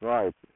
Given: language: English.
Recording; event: throat vibration sensor signal played as sound; speech